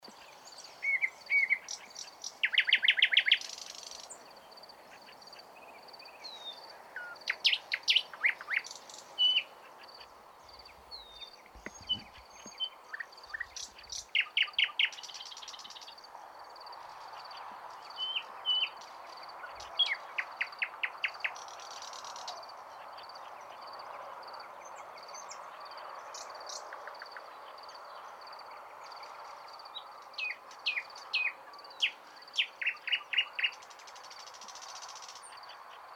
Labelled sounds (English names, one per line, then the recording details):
Thrush Nightingale song
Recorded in the wild
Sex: male
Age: adult
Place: Wizna, Lomzynski Park Krajobrazowy Doliny Narwi, Podlaskie Voivodeship, PL
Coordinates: 53.1985, 22.411
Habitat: deciduous forest edge
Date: 2016-05-25 20:35
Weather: light cloud, no wind
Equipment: Marantz PMD660 recorder, Sennheiser ME67 directional microphone
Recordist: Souriau, Abel